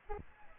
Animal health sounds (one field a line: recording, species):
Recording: mosquito wingbeat signal from an infrared sensor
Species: Aedes albopictus